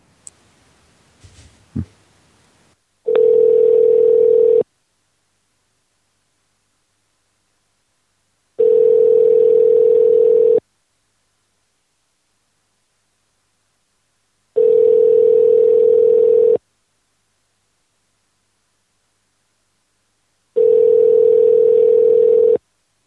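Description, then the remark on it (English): A brief click and rustle, then four steady ringback tones, each about two seconds long and evenly spaced by roughly four seconds of silence, a telephone ringing with no one answering. “After a while, it's, you know, it's not fun for our listeners to listen to a bunch of ringing, but...”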